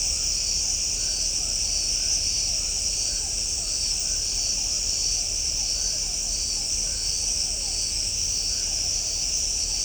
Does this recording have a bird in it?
no